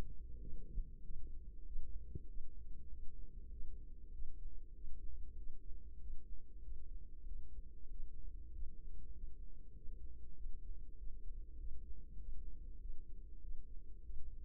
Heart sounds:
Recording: heart sounds by microphone in the right ear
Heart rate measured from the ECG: 97 bpm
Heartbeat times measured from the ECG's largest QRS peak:
0.38 s: heartbeat
1.01 s: heartbeat
1.63 s: heartbeat
2.25 s: heartbeat
2.87 s: heartbeat
3.49 s: heartbeat
4.10 s: heartbeat
4.72 s: heartbeat
5.34 s: heartbeat
5.97 s: heartbeat
6.60 s: heartbeat
7.23 s: heartbeat
7.87 s: heartbeat
8.50 s: heartbeat
9.11 s: heartbeat
9.73 s: heartbeat
10.34 s: heartbeat
10.95 s: heartbeat
11.55 s: heartbeat
12.16 s: heartbeat
12.77 s: heartbeat
13.39 s: heartbeat
14.01 s: heartbeat
From the record:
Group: healthy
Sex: female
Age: 32 years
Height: 172 cm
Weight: 71.7 kg

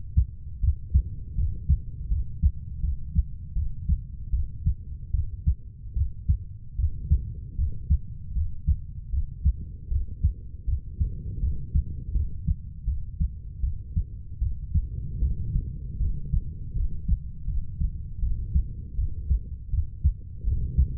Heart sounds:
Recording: heart sounds by stethoscope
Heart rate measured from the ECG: 79 bpm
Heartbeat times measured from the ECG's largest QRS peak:
0.61 s: heartbeat
1.36 s: heartbeat
2.09 s: heartbeat
2.81 s: heartbeat
3.54 s: heartbeat
4.31 s: heartbeat
5.12 s: heartbeat
5.94 s: heartbeat
6.76 s: heartbeat
7.56 s: heartbeat
8.34 s: heartbeat
9.11 s: heartbeat
9.89 s: heartbeat
10.66 s: heartbeat
11.40 s: heartbeat
12.13 s: heartbeat
12.85 s: heartbeat
13.61 s: heartbeat
14.39 s: heartbeat
15.20 s: heartbeat
15.98 s: heartbeat
16.74 s: heartbeat
17.46 s: heartbeat
18.20 s: heartbeat
18.96 s: heartbeat
19.71 s: heartbeat
20.45 s: heartbeat
From the record:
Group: healthy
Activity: cold pressor test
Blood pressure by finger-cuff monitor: 117/51 mmHg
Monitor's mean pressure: 79 mmHg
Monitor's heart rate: 79 bpm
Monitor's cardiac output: 9.8 L/min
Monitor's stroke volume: 127 mL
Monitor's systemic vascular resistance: 520 dyn s/cm5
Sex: female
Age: 32 years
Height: 168 cm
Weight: 61.9 kg

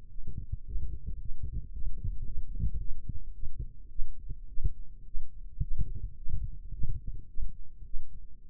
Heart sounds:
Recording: heart sounds by microphone in the left ear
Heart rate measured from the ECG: 108 bpm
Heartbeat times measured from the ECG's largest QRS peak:
0.12 s: heartbeat
0.68 s: heartbeat
1.21 s: heartbeat
1.75 s: heartbeat
2.28 s: heartbeat
2.81 s: heartbeat
3.36 s: heartbeat
3.92 s: heartbeat
4.50 s: heartbeat
5.07 s: heartbeat
5.63 s: heartbeat
6.18 s: heartbeat
6.74 s: heartbeat
7.30 s: heartbeat
7.86 s: heartbeat
8.42 s: heartbeat
From the record:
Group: healthy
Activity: rest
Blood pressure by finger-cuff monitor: 122/73 mmHg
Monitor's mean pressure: 87 mmHg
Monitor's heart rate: 108 bpm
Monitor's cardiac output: 8.7 L/min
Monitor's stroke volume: 78 mL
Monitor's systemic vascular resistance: 700 dyn s/cm5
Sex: female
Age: 37 years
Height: 168 cm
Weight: 70 kg

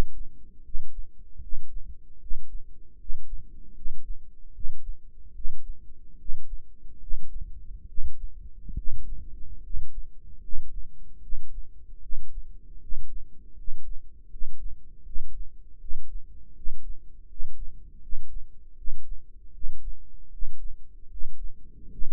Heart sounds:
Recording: heart sounds by microphone in the right ear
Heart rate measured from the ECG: 76 bpm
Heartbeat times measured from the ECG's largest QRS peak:
0.63 s: heartbeat
1.40 s: heartbeat
2.19 s: heartbeat
2.97 s: heartbeat
3.74 s: heartbeat
4.53 s: heartbeat
5.33 s: heartbeat
6.17 s: heartbeat
6.99 s: heartbeat
7.87 s: heartbeat
8.75 s: heartbeat
9.62 s: heartbeat
10.41 s: heartbeat
11.21 s: heartbeat
12.01 s: heartbeat
12.80 s: heartbeat
13.56 s: heartbeat
14.30 s: heartbeat
15.04 s: heartbeat
15.79 s: heartbeat
16.54 s: heartbeat
17.28 s: heartbeat
18.01 s: heartbeat
18.76 s: heartbeat
19.52 s: heartbeat
20.30 s: heartbeat
21.09 s: heartbeat
21.90 s: heartbeat
From the record:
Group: healthy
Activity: rest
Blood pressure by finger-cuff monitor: 119/75 mmHg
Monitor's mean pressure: 83 mmHg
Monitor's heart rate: 77 bpm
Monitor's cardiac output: 6.3 L/min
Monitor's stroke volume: 81 mL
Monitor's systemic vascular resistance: 950 dyn s/cm5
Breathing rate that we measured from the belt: 17 breaths a minute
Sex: male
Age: 35 years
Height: 180 cm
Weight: 86.9 kg

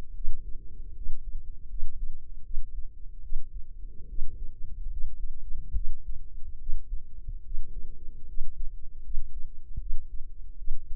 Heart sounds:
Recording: heart sounds by microphone in the left ear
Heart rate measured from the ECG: 75 bpm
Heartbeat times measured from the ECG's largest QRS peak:
0.11 s: heartbeat
0.93 s: heartbeat
1.66 s: heartbeat
2.41 s: heartbeat
3.20 s: heartbeat
4.05 s: heartbeat
4.87 s: heartbeat
5.72 s: heartbeat
6.56 s: heartbeat
7.41 s: heartbeat
8.24 s: heartbeat
9.01 s: heartbeat
9.77 s: heartbeat
10.55 s: heartbeat
From the record:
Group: healthy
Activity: rest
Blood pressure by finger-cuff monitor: 105/69 mmHg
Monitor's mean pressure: 78 mmHg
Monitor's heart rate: 73 bpm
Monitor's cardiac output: 5.7 L/min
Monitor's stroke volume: 78 mL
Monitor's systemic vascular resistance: 1000 dyn s/cm5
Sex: female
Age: 23 years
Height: 160 cm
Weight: 50.4 kg

